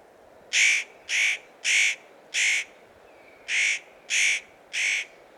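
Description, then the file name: Spotted nutcracker giving harsh, rasping calls, seven in a row about every half second with a short pause after the fourth; faint steady background hiss. Recorded on Immenstädter Horn, Oberallgäu, 9 March 2014. "Tannenhaeher 09 03 2014 Immenstaedter Horn OA Johannes Honold"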